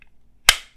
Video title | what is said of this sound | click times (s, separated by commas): New Joker Campero & QSP Canary: It's SO MUCH Better! | nice positive click there holds nicely | 0.5 s